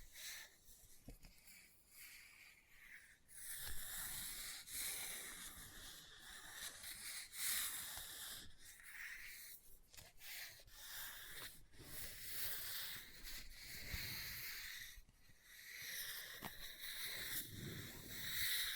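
Book handling with steady scratching and rubbing across the paper, a dry, hissy, bright texture that swells and fades in uneven strokes. Short sharp taps and rustles break in every few seconds, with brief pauses near 3.5, 10 and 15 seconds.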